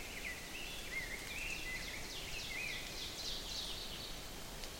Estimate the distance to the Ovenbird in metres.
about 55 m